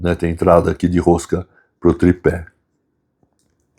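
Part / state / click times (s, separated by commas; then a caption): accessory adapter onto pocket gimbal camera / not seated / none. Someone talks while handling a small accessory adapter piece for a DJI Osmo Pocket 3 pocket gimbal camera base, an adapter with a threaded tripod insert. After the talk stops around 2.5 s, only a few faint, quiet ticks follow near the end. The adapter has not seated or locked in yet.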